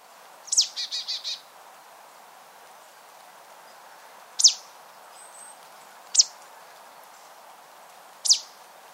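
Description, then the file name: Marsh tit call: a sharp high note with four rapid buzzy notes, then three single sharp, downward-sliding notes spaced about two seconds apart. "Poecile palustris"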